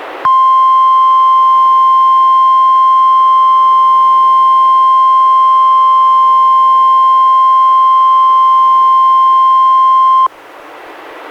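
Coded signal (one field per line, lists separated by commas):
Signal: Emergency Alert System (SAME) tones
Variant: 1050 Hz attention tone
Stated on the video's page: Two required weekly tests relayed by NOAA Weather Radio stations, recorded directly from a weather radio to a computer over USB.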